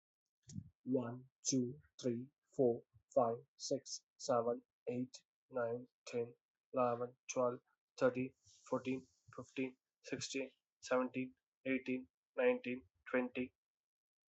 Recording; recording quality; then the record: counting at a normal pace; excellent, no background noise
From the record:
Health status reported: healthy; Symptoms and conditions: cough, cold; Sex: male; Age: 39 years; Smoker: not ticked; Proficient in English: yes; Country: India